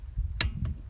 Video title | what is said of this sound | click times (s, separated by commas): How To Use A Torque Wrench | that's the clicking sound saying that you're already at the weight that you're supposed to be at so | 0.4 s